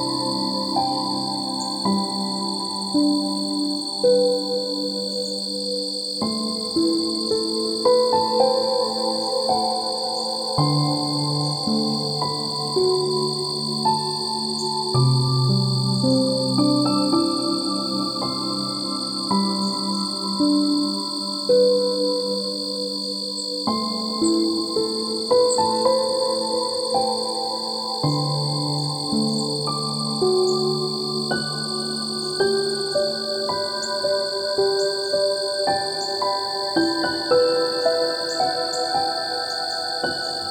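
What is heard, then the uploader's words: Crickets keep up a steady, unbroken high trill through the whole recording, never pausing. Beneath them, sustained ringing tones shift in slow steps every few seconds, layered like bowl-like chords, with a soft regular pulse in the loudness. The Unrelenting Crickets of the Night.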